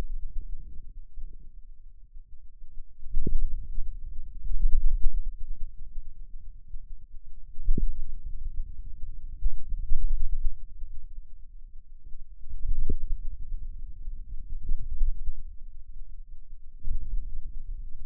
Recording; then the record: forearm muscle sounds (acoustic myography)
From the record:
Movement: hand closing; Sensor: system 2, bracelet of six BSWA MPA416 microphones around the upper forearm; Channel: 1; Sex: male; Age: 22 years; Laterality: right